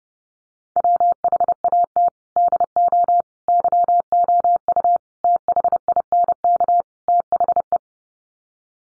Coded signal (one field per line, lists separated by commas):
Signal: Morse code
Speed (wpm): 30 wpm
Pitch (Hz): 700 Hz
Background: none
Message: WHAT DO YOU THINK THE